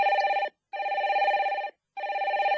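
A telephone rings in steady trilling bursts, three in a row separated by brief silences, with a bright, buzzy electronic tone and no voices, in a Hong Kong radio advertisement for The Samaritans hotline.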